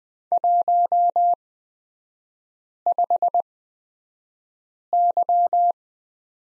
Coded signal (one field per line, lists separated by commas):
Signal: Morse code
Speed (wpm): 20 wpm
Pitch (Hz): 700 Hz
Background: none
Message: 15Y